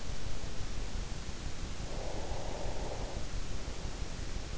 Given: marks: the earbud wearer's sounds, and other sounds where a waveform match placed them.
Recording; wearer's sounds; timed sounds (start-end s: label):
sounds in sleep by an in-ear microphone; breath
1.72-3.69 s: breath